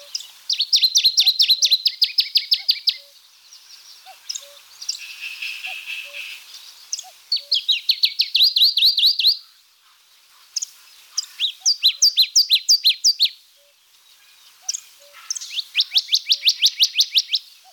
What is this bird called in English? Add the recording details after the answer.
Dusky Warbler. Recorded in the wild. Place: Bolschoj Ussurijskij Ostrov, Bolshoi Ussuriysky Island, RU. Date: 1994-05-27. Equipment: Dat-Recorder Casio DA 7, Telinga DAT, Telinga-Parabolspiegel. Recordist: Schwarz, Dieter